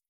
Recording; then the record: hydrophone in a shrimp aquaculture tank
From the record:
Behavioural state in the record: feeding